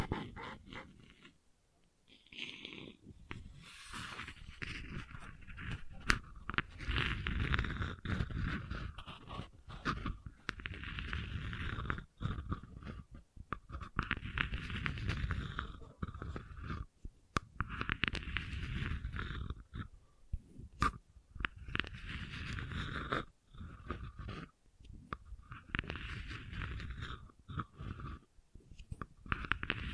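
Gentle scratching comes in repeated rough passes a few seconds long, separated by brief pauses, with occasional sharp clicks and a low rumble underneath.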